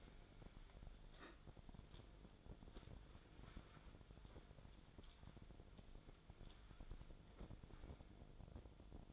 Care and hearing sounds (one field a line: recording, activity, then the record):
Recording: daily activity, microphone in the room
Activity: wipe stove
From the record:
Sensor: 5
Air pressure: 1000.6 hPa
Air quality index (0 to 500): 156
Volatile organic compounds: 2 ppm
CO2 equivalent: 1196 ppm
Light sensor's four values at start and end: 52/112/51/57 and 53/114/52/58